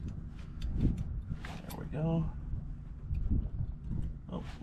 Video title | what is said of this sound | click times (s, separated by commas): Ford SuperDuty Front End Rebuild PART 5 | Oh, we're not all the way in. | 1.4 s